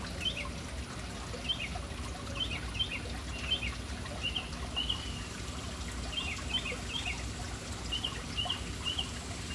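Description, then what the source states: Birds calling with sharp, high chirps in loose pairs and clusters throughout, steady water trickling beneath. Urban birds in a city, hanging around a fountain.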